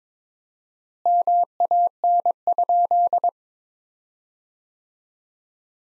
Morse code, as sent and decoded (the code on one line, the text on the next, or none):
-- .- -. ..--..
MAN?